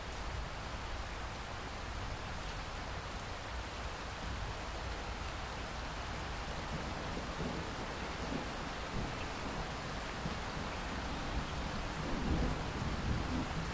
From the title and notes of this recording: Thunderstorm Aftermath. The aftermath of a thunderstorm.